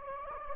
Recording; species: mosquito wingbeat signal from an infrared sensor; Anopheles gambiae